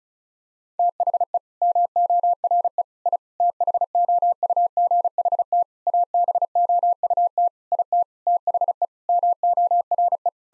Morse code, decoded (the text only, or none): THE MORE I THOUGHT ABOUT IT THE MORE